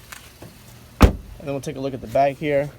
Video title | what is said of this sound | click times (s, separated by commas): Hey Tri, this is the 2020 Honda Ridgeline you are interested in | Push that down, snaps right in. | 1.0 s